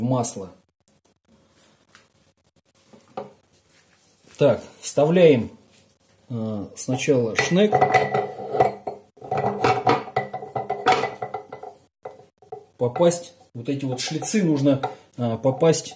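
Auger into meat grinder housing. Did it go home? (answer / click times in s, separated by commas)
no / none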